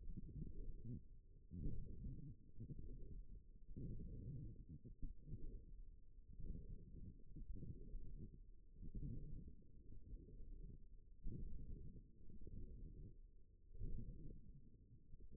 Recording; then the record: forearm muscle sounds (acoustic myography)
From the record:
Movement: forearm pronation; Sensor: system 1, eight BSWA MPA416 microphones around the upper forearm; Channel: 1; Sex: female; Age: 21 years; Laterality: right